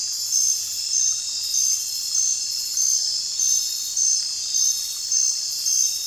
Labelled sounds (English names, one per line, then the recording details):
none
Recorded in dense forest near Puerto Asís, Putumayo, Colombia, on 21 December 2024 at 20:30
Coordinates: 0.467, -76.328
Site GP05